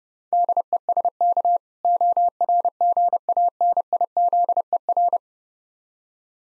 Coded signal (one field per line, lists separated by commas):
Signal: Morse code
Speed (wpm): 30 wpm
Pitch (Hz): 700 Hz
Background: none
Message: DESK ORGANIZER